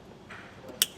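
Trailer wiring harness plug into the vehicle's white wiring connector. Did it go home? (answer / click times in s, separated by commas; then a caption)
yes / 0.8 s. A Curt T-Connector trailer wiring harness plug is pushed into the white taillight wiring connector of a 2025 Subaru Outback Wagon. After faint, low handling noise, a single sharp, bright click sounds at 0.8 seconds as the plug snaps in and seats.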